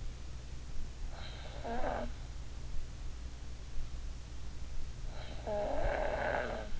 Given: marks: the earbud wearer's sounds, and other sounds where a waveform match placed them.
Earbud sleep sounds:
sounds in sleep by an in-ear microphone; snoring breath
1.02-2.13 s: snoring breath
5.02-6.80 s: snoring breath

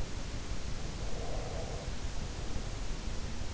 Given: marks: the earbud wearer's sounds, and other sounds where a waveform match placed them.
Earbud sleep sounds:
sounds in sleep by an in-ear microphone; breath
1.09-3.42 s: breath

